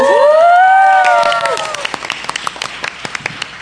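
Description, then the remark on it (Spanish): A crowd cheers and whoops with high, rising shouts over steady applause as two women are welcomed onto a stage, then the cheering fades and the clapping thins out to a few scattered, separate claps. “Un fuerte aplauso.”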